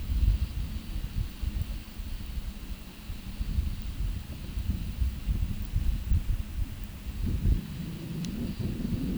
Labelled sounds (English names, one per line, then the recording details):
none
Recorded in pastures near Puerto Asís, Putumayo, Colombia, on 22 December 2024 at 13:30
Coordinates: 0.486, -76.323
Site GP01